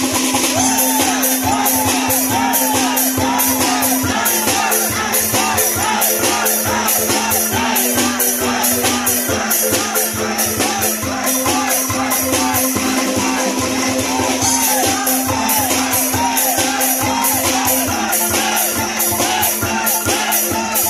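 Traditional kentongan music at a festival: dense, steady ensemble playing with rapid regular percussive strikes throughout and a sustained low drone shifting pitch every few seconds. Bright wooden and metallic clatter fills the top, with crowd voices mixed underneath at constant loudness.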